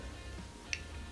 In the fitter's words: And that locks it in.